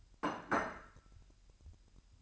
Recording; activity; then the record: daily activity, microphone in the room; place plate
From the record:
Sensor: 2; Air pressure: 1001.9 hPa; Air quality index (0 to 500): 248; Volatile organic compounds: 39 ppm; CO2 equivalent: 3138 ppm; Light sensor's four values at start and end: 8/28/11/10 and 8/28/11/10